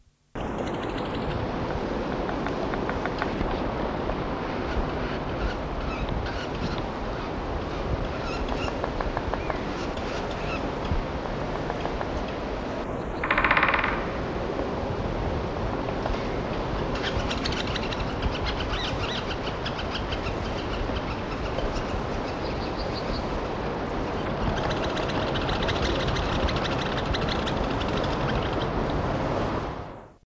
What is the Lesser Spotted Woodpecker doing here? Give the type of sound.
drumming